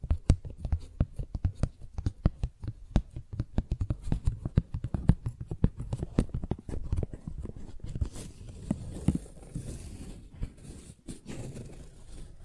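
Flower sounds made of quick, irregular crinkles and taps, many short sharp clicks in dense bursts through the first eight seconds. After that the tapping thins into a softer rustling hiss with occasional light crackles, mostly low and muffled with some brighter edges.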